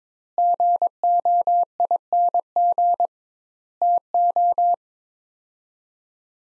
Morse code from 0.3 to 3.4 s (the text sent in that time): GOING